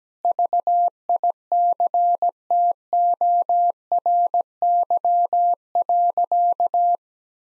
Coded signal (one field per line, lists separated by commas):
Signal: Morse code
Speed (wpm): 17 wpm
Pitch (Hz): 700 Hz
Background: none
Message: VICTORY.